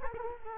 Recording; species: mosquito wingbeat signal from an infrared sensor; Culex quinquefasciatus